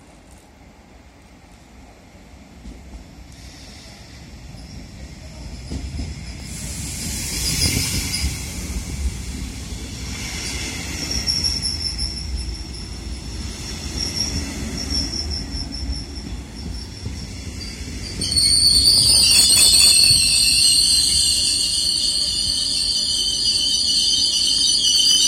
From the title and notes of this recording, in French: Train régional à Bettembourg, Luxembourg. Arrivée d'un train en gare de Bettembourg, voie 7, direction Pétange/Rodange.